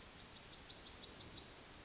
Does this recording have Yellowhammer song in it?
yes